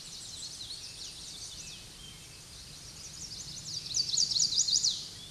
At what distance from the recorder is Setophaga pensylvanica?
about 15 m